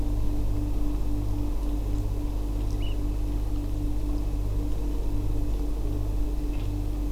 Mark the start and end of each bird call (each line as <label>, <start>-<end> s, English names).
Eurasian Oystercatcher, 2.80-2.93 s